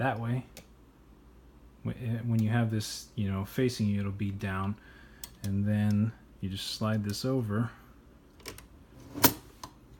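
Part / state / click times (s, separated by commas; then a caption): sliding part latching onto a portable typewriter body / not seated / none. Someone talks while handling a 1953 Gossen Tippa B ultraportable vintage typewriter, pressing a part down and then sliding a part of its mechanism over onto the portable typewriter body. A few short, sharp handling ticks come near the end, around 8.5, 8.6 and 9.6 seconds. Nothing has seated or clicked into place yet.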